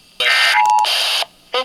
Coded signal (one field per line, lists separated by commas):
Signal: Emergency Alert System (SAME) tones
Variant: end-of-message bursts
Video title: I hate WLS | EAS Tests From 2/7/2023 (EAS #1,816-1,823)